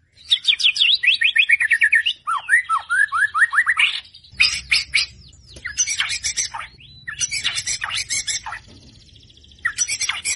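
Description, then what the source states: White-rumped shama song of rapid descending whistle series and harsh buzzy chattering bursts, separated by short gaps. White-rumped shama singing prolifically (gacor), used as a lure to make other birds respond.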